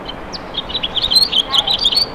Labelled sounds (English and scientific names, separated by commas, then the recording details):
House Finch (Haemorhous mexicanus) song
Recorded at Westbury on Long Island, New York, on 27 May 2013
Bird A